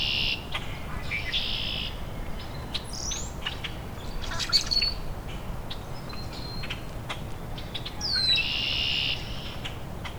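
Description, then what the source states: Rusty Blackbird song: squeaky, creaking high notes and short buzzy bursts, repeated irregularly. Male singing loudly in dogwoods right in front of the recordist, a second bird singing in the distance.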